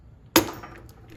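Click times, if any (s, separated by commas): 0.4 s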